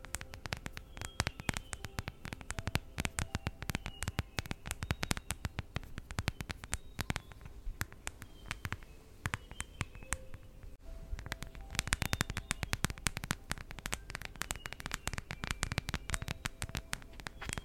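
Fingers tap rapidly and irregularly on a phone case, producing dense, sharp clicks with brief faint tones between them. The tapping thins slightly around nine to eleven seconds, then returns heavier and more continuous toward the end.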